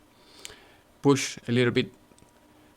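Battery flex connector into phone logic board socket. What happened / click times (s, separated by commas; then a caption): The small connector snapped into its socket / 0.5 s. The new battery's flex connector, already reconnected to an iPhone 5 logic board socket, is pressed again to make sure it is fully seated, giving a short sharp click at 0.5 s. Someone talks over the quiet background afterward, and the connector is seated.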